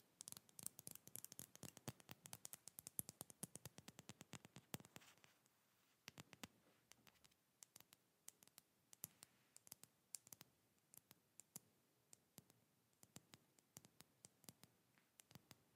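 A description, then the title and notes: Fingertip tapping, quick and dense for the first five seconds, a rapid run of sharp clicks. After that it slows to scattered single taps and small clusters every second or so. A faint scratchy hiss sits underneath throughout. ASMR tapping fast and slow (No Talking).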